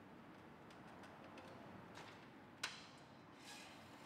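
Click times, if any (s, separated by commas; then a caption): 2.6 s. The front legs of a DHS Emergency 305N ambulance stretcher release as it is pulled halfway out of the vehicle and drop to full height. A single sharp click at 2.6 s marks the legs locking into their safety position, with a steady low hiss and faint soft ticks around it. The legs are seated and locked.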